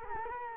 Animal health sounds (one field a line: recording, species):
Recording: mosquito wingbeat signal from an infrared sensor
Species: Culex quinquefasciatus